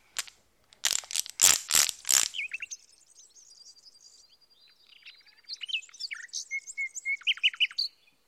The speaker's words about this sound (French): De jolis oiseaux qui chantaient sur les branches des arbres.